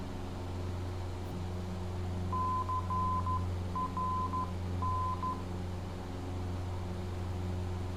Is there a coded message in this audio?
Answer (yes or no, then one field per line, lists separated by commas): yes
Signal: Morse code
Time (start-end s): 2.3-5.3 s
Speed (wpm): 13 wpm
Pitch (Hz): 1020 Hz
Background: none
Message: CRN